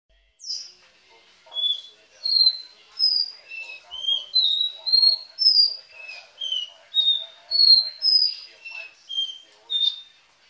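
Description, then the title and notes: Belgian canary song of clear whistled notes, jumping between higher and lower pitches in a lively sequence throughout. "Canario Belga"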